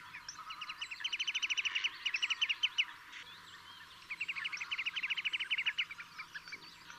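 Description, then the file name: Marsh sandpiper calling in two bouts of rapid, rhythmic piping notes separated by a short pause, with other birds chirping behind. "Dammsnappa"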